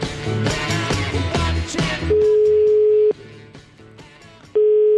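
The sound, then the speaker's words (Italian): A telephone ringing tone on a tape recording of a call to Professor Antinori: two steady, mid-pitched electronic tones, each about a second long with a pause between, following a brief stretch of busy, music-like sound. “Sì, c'è stata una telefonata, così risulta, del Papa al professor Antinori. Ma noi abbiamo ricevuto il nastro.”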